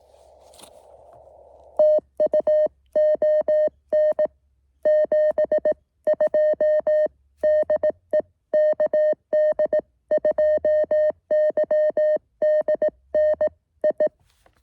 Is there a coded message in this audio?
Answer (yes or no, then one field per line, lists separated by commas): yes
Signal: Morse code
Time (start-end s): 1.8-14.1 s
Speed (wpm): 18 wpm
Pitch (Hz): 620 Hz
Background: music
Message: TU ON 72 DE KD2YDN I